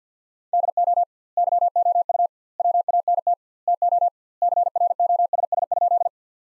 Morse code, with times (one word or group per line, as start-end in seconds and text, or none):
0.5-1.0 DO
1.4-2.3 YOU
2.6-3.3 WANT
3.7-4.1 TO
4.4-6.1 CROSS?